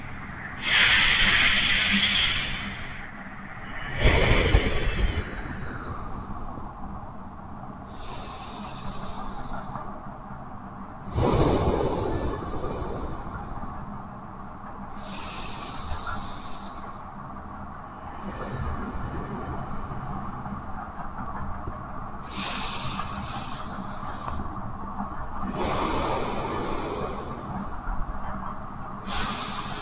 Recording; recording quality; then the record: deep breathing; excellent, no background noise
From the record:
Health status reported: healthy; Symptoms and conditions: none ticked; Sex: male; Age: 24 years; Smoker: not ticked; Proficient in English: yes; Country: India